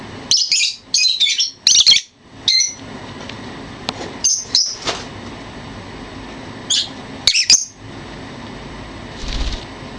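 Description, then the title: Bird song in bursts of high, rapid chirps and twittering trills, short phrases separated by pauses, with a steady background hiss. Masteran training recording. "LuckyBurung MasteranBest"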